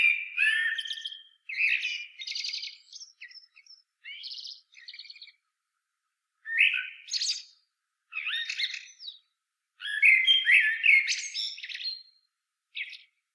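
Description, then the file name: Common blackbird song: rapid run of fluted, warbled notes mixed with many high, scratchy chips, then further phrases after a short pause. "Turdus merula"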